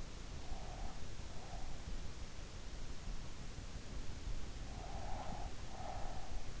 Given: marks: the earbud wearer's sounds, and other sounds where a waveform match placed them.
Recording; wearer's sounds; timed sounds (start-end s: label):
sounds in sleep by an in-ear microphone; breath
0.24-1.87 s: breath
4.53-6.54 s: breath